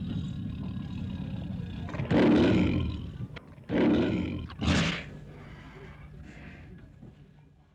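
Tiger snarling and roaring: a low rumbling growl, then three harsh snarling bursts around two to five seconds, fading into a low grumble.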